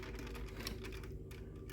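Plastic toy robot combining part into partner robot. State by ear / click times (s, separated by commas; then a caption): not seated / none. Plastic parts of two transforming robot toys, Jetfire and Overcast, are pushed together to combine them into their powerlinked mode. Light plastic clacks and handling noises are heard, but the combining part has not snapped into the partner robot yet.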